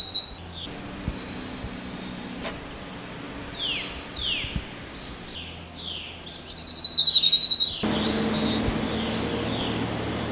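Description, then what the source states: Grey-throated babbler call: a high trill that drops gradually in pitch over about two seconds, with steady background hiss. Recorded 13 August 2009.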